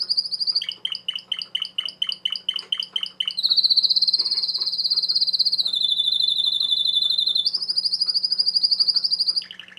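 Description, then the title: Domestic canary song with rapid repeated notes shifting into long, even high trills that step down and back up in pitch, each held for a few seconds. Male Belgian canary singing a lot, used to train and stimulate young birds. "Esquente Seu Filhote E Canario Belga Em 30 Minutos Macho Cantando Muito"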